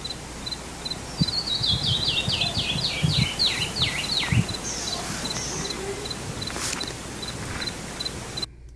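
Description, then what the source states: Canyon wren song, a cascade of clear whistled notes sliding downward, over steady high insect-like ticking and a low rumbling background. Sent in by a listener from Junction, Texas; a hill country song, heard around limestone bluffs, creek bottoms and cliff faces.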